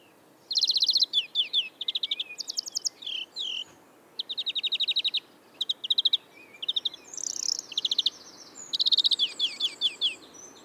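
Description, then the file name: European greenfinch in full song, long bursts of rapid rattling trills mixed with twittering and slurred notes, briefly pausing between phrases. "Chloris chloris"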